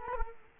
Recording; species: mosquito wingbeat signal from an infrared sensor; Culex quinquefasciatus